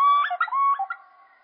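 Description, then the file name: Common blackbird song phrase, slowed: a short run of harmonic, warbling notes, sliding between pitches, then fading. Slowed down. "Merle Et Merle Au Ralenti Merle noir ralenti 20250912083845 20250912083941"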